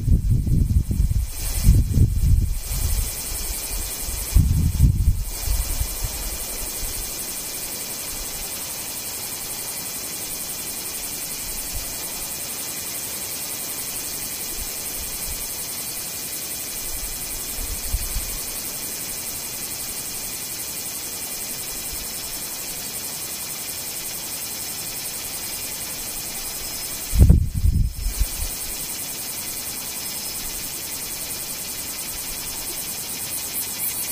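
Near silence: a steady, faint hiss runs through the whole recording with little else happening. A few low thumps and rumbles cluster in the first five seconds, and another short bump comes at about 27 seconds before the quiet hiss resumes.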